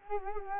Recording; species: mosquito wingbeat signal from an infrared sensor; Culex quinquefasciatus